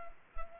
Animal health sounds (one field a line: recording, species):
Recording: mosquito wingbeat signal from an infrared sensor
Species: Culex quinquefasciatus